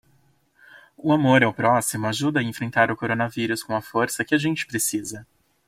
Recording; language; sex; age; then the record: spoken sentence; Brazilian Portuguese; male; 20 to 29 years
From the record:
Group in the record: control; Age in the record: 26 years